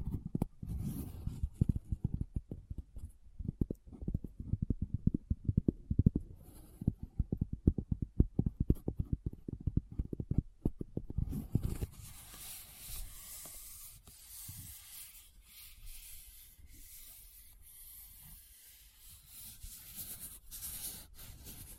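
Someone rummages through a bag, starting with about eleven seconds of quick, dense low thumps and bumps as items are shuffled. Then the sound turns brighter and scratchier, a steady rubbing rustle with occasional small clicks that continues to the end.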